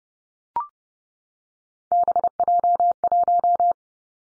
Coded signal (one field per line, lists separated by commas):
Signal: Morse code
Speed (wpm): 30 wpm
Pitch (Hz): 700 Hz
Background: none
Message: BJ1